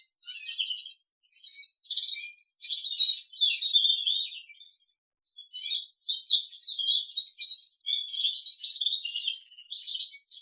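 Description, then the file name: Crested canary song of varied twittering trills in two long runs separated by a short pause. "audio kenari jambul"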